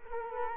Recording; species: mosquito wingbeat signal from an infrared sensor; Culex quinquefasciatus